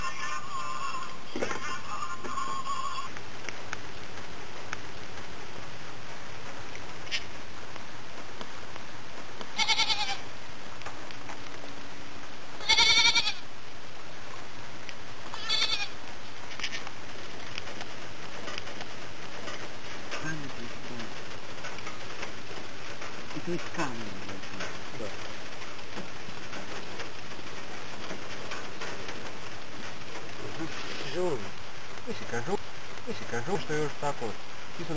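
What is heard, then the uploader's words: Young goats bleat now and then while friends harvest potatoes, with voices talking throughout. A steady rustling, pattering bed runs underneath, and short bright bursts of scraping or knocking stand out near 10, 13 and 16 seconds. Some friends and I were harvesting potatoes and three young goats were playing around. It was a great summer day.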